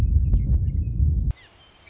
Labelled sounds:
Western Meadowlark (Sturnella neglecta)

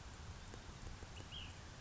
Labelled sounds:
Ash-throated Flycatcher (Myiarchus cinerascens)

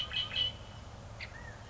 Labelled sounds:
Red-winged Blackbird (Agelaius phoeniceus)

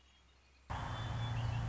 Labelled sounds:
Red-winged Blackbird (Agelaius phoeniceus)

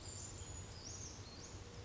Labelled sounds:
Brown Creeper (Certhia americana)

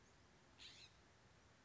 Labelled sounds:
California Scrub-Jay (Aphelocoma californica)

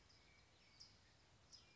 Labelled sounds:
California Towhee (Melozone crissalis)

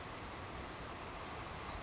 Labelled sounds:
Savannah Sparrow (Passerculus sandwichensis)

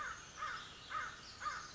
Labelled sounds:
American Crow (Corvus brachyrhynchos)

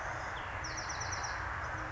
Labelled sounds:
Bewick's Wren (Thryomanes bewickii)

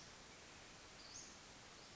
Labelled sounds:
Western Flycatcher (Empidonax difficilis)

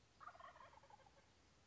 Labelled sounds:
Wild Turkey (Meleagris gallopavo)

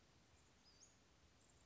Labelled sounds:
Western Flycatcher (Empidonax difficilis)

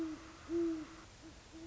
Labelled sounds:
Great Horned Owl (Bubo virginianus)

